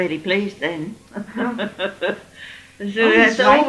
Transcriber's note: laughs